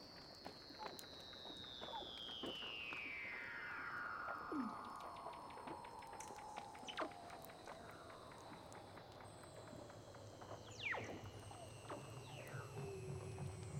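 Weddell seals call underwater in a long descending whistle that glides from high to low over about ten seconds, ending in a lower steady tone. Shorter sweeping chirps and frequent sharp clicks cut in, with a steady low hiss underneath.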